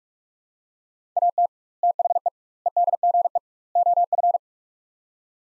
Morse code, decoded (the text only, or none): AT THE EDGE OF